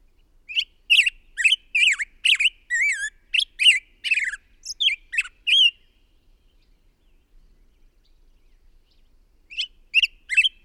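Bird song: a string of sharp, twittering chirps with one whistled wavering note, then silence and two final chirps.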